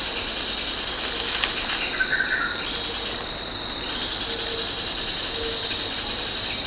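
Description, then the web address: Insects in chorus, a constant piercing whine over broad hiss, with soft intermittent lower buzzing notes. Tropical forest insects. "Tom Hutchings Insects Tropical"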